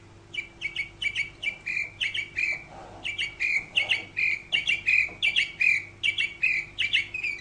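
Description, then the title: Canary song: a fast run of bright, buzzy chirps, repeated steadily for several seconds with brief pauses and a soft low hum underneath. "Kenari"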